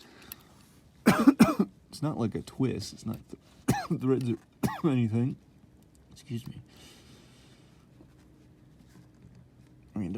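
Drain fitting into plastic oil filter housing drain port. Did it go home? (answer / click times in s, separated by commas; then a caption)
no / none. A plastic drain fitting or hose is pushed against the drain port of a plastic oil filter housing on a 2021 Highlander V6. Someone talks and coughs, with only faint scraping sounds from the struggling fitting. Nothing has clicked into place yet.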